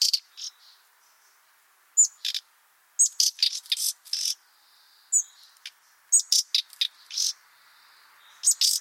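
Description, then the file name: Common nightingale calls: clipped scratchy notes in irregular bunches, with a faint thin whistle drawn out between some of them. "Luscinia megarhynchos"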